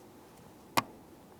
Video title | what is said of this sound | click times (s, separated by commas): How to Replace Heater Blower Motor 2011-2018 Volkswagen Jetta | listen for a click | 0.8 s